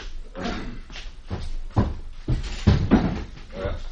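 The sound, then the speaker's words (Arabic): A door being closed, heard as a series of heavy, low thuds and clunks spaced over a few seconds, with a solid final knock and no talking. “إنه لمن المستحسن أن نغلق الباب.”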